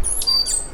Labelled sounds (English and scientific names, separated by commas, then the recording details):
Stitchbird (Notiomystis cincta) song
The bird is a male
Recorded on Tiritiri Matangi Island, New Zealand, in 2005
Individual 1, of nest box 1